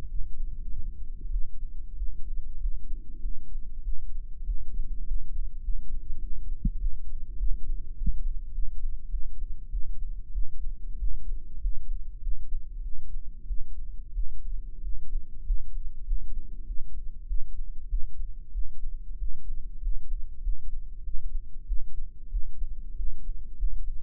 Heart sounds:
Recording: heart sounds by microphone in the right ear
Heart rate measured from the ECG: 97 bpm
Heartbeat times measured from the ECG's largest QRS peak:
0.06 s: heartbeat
0.67 s: heartbeat
1.29 s: heartbeat
1.95 s: heartbeat
2.58 s: heartbeat
3.19 s: heartbeat
3.81 s: heartbeat
4.44 s: heartbeat
5.03 s: heartbeat
5.61 s: heartbeat
6.19 s: heartbeat
6.77 s: heartbeat
7.36 s: heartbeat
7.94 s: heartbeat
8.51 s: heartbeat
9.09 s: heartbeat
9.69 s: heartbeat
10.31 s: heartbeat
10.97 s: heartbeat
11.58 s: heartbeat
12.19 s: heartbeat
12.81 s: heartbeat
13.45 s: heartbeat
14.12 s: heartbeat
14.80 s: heartbeat
15.42 s: heartbeat
16.03 s: heartbeat
16.64 s: heartbeat
17.25 s: heartbeat
17.87 s: heartbeat
18.51 s: heartbeat
19.16 s: heartbeat
19.79 s: heartbeat
20.40 s: heartbeat
21.01 s: heartbeat
21.65 s: heartbeat
22.29 s: heartbeat
22.94 s: heartbeat
23.55 s: heartbeat
From the record:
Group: healthy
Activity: rest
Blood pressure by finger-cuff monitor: 127/90 mmHg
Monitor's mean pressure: 101 mmHg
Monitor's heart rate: 97 bpm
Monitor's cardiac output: 6.6 L/min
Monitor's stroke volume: 68 mL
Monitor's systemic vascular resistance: 1130 dyn s/cm5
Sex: male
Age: 21 years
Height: 180 cm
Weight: 67.5 kg

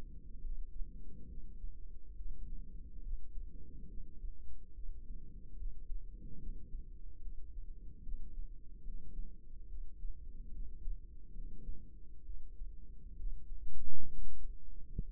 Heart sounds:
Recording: heart sounds by microphone in the right ear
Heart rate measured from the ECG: 70 bpm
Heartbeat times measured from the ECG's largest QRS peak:
0.40 s: heartbeat
1.26 s: heartbeat
2.14 s: heartbeat
3.01 s: heartbeat
3.86 s: heartbeat
4.72 s: heartbeat
5.55 s: heartbeat
6.38 s: heartbeat
7.20 s: heartbeat
8.02 s: heartbeat
8.82 s: heartbeat
9.66 s: heartbeat
10.50 s: heartbeat
11.33 s: heartbeat
12.23 s: heartbeat
13.15 s: heartbeat
14.07 s: heartbeat
15.02 s: heartbeat
From the record:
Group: healthy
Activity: rest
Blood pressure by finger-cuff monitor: 97/70 mmHg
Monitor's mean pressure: 80 mmHg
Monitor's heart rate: 71 bpm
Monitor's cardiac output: 5 L/min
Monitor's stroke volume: 71 mL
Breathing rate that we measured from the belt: 24 breaths a minute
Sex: female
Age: 32 years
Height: 172 cm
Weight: 71.7 kg

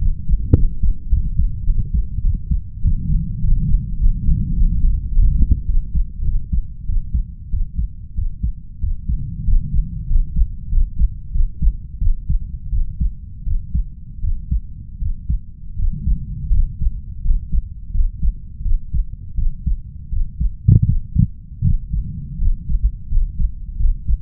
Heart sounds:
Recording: heart sounds by stethoscope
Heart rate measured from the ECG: 90 bpm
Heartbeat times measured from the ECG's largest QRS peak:
0.53 s: heartbeat
1.09 s: heartbeat
1.65 s: heartbeat
2.23 s: heartbeat
2.81 s: heartbeat
3.40 s: heartbeat
3.97 s: heartbeat
4.54 s: heartbeat
5.09 s: heartbeat
5.65 s: heartbeat
6.24 s: heartbeat
6.85 s: heartbeat
7.50 s: heartbeat
8.14 s: heartbeat
8.80 s: heartbeat
9.44 s: heartbeat
10.07 s: heartbeat
10.69 s: heartbeat
11.32 s: heartbeat
11.98 s: heartbeat
12.70 s: heartbeat
13.44 s: heartbeat
14.20 s: heartbeat
14.98 s: heartbeat
15.76 s: heartbeat
16.51 s: heartbeat
17.22 s: heartbeat
17.91 s: heartbeat
18.62 s: heartbeat
19.35 s: heartbeat
20.09 s: heartbeat
20.84 s: heartbeat
21.62 s: heartbeat
22.38 s: heartbeat
23.08 s: heartbeat
23.76 s: heartbeat
From the record:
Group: healthy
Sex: female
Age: 32 years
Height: 168 cm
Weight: 61.9 kg

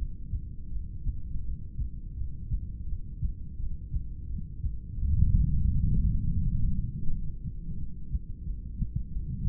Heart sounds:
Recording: heart sounds by stethoscope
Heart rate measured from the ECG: 86 bpm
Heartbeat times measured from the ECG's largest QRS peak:
0.01 s: heartbeat
0.75 s: heartbeat
1.47 s: heartbeat
2.20 s: heartbeat
2.90 s: heartbeat
3.62 s: heartbeat
4.32 s: heartbeat
5.02 s: heartbeat
5.72 s: heartbeat
6.44 s: heartbeat
7.12 s: heartbeat
7.80 s: heartbeat
8.47 s: heartbeat
9.13 s: heartbeat
From the record:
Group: heart failure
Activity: breath hold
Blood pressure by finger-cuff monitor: 94/78 mmHg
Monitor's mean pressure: 84 mmHg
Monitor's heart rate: 84 bpm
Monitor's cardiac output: 4.3 L/min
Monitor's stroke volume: 51 mL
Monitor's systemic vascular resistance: 1440 dyn s/cm5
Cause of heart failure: idiopathic cardiomyopathy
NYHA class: 3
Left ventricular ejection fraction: 21%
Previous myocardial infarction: absent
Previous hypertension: absent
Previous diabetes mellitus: absent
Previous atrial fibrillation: absent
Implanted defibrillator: absent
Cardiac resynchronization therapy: present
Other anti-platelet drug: absent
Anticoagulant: apixaban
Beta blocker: bisoprolol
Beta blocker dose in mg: 5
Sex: male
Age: 59 years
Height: 173 cm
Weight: 70 kg

